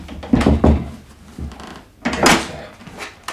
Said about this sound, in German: Das Schloss scheint verrostet zu sein. Ja, warte mal, vielleicht klemmt die Tür. Ich heb sie mal was an.